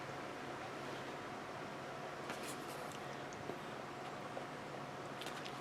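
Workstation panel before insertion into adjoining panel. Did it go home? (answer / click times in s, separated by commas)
no / none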